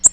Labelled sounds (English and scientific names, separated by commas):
Nashville Warbler (Leiothlypis ruficapilla) flight call